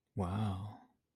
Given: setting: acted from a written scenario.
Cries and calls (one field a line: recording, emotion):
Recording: vocal sound without words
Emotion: interest